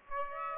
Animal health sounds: mosquito wingbeat signal from an infrared sensor; Aedes aegypti

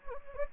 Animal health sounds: mosquito wingbeat signal from an infrared sensor; Anopheles gambiae

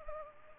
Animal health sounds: mosquito wingbeat signal from an infrared sensor; Culex pipiens

